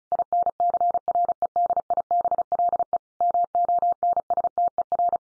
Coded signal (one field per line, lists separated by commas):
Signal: Morse code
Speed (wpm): 34 wpm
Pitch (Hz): 700 Hz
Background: none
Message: INCREDIBLE MONSTER